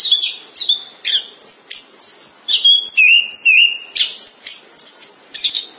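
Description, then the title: Thrush song with high whistled phrases and chattering notes, including drawn-out wavering whistles, in short bursts about twice per second. "burung anis x"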